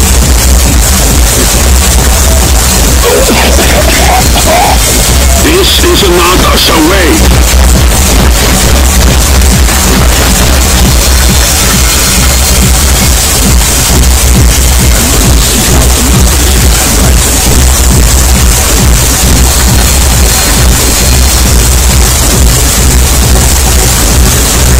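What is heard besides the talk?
fireworks exploding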